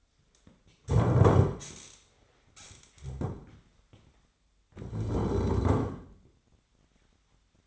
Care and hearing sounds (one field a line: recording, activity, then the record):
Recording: daily activity, microphone in the room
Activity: stand up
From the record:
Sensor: 3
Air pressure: 1008.0 hPa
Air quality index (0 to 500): 190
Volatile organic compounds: 14 ppm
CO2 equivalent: 2440 ppm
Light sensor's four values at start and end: 12/29/12/12 and 12/29/12/12